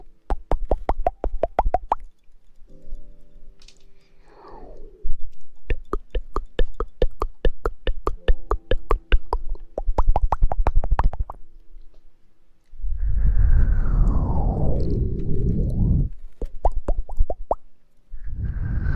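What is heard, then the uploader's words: Rapid bursts of wet kissing smacks come in dense clicking runs through much of the recording, with a few quiet pauses between them. Around 13 to 16 seconds a loud, rushing breath of blowing takes over, and another short blow follows near the end. ASMR Blowing in the ear, kissing in the ear.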